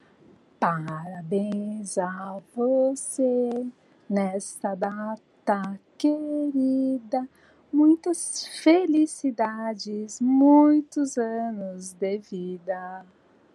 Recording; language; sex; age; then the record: short text; Brazilian Portuguese; female; 50 to 59 years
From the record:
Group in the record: control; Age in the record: 59 years